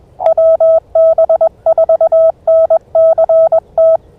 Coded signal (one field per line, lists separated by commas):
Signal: Morse code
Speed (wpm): 21 wpm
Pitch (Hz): 2550 Hz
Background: none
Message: WB4NCT